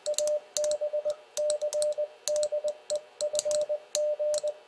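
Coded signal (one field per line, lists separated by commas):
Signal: Morse code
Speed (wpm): 20 wpm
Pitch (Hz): 600 Hz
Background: none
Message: ABCDEFG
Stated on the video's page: Morse code speed challenge at around 30 to 35 WPM.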